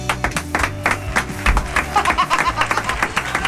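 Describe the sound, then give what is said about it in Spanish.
An audience breaks into applause, a dense patter of many hands clapping for a few seconds, with a low murmur of voices underneath. “Vamos a aplaudir.”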